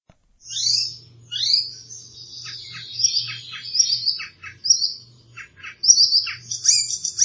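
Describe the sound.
Bird calls: high, sweeping chirps and short clipped notes come in quick, irregular bursts over a low steady hum.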